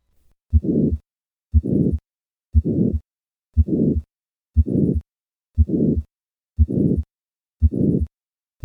Murmur of hypertrophic cardiomyopathy. The standing position. Decreased preload and decreased left ventricular volume, which increases the obstruction across the left ventricular outflow tract thus causing the murmur to increase.